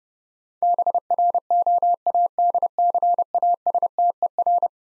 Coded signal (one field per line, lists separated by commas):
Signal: Morse code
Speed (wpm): 32 wpm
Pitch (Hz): 700 Hz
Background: none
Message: BROADCASTER